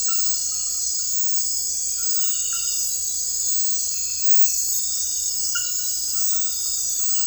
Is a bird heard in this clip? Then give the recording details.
no. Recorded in dense forest near Puerto Asís, Putumayo, Colombia, on 19 February 2024 at 02:00. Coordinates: 0.484, -76.317. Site G6464